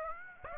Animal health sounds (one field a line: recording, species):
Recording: mosquito wingbeat signal from an infrared sensor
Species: Aedes aegypti